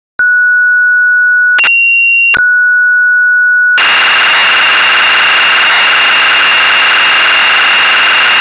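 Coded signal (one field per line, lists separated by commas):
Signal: computer data on cassette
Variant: Amstrad CPC 464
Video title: Castle of the Skull Lord (1984) - Amstrad CPC 464 (Full Tape Rip / Cassette Load)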